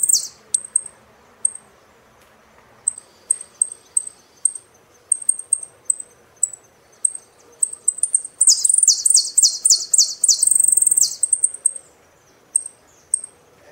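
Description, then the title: Saffron finch singing: scattered high whistled notes quicken, then a dense burst of buzzy repeated phrases lasting a few seconds before thin notes resume. "Jilguero Argentino"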